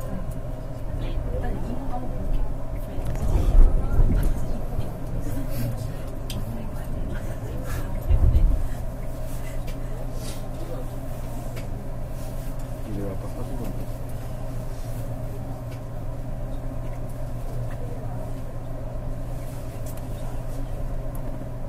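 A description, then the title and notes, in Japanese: Inside a running electric train, a steady low hum and rumble carries throughout, with louder thumps and rattles near 3–4 and 8 seconds. 南海電鉄 ラピートβ りんくうタウンから難波まで。南海電気鉄道50000系電車の走行音です。空港線・南海線の特急列車 ラピートβにて収録しました。区間は、りんくうタウンから難波までです。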